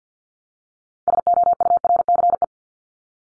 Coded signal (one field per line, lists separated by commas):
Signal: Morse code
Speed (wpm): 48 wpm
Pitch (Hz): 700 Hz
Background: none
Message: SOURCE